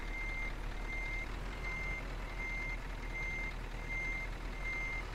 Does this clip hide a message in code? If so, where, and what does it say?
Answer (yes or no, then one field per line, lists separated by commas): no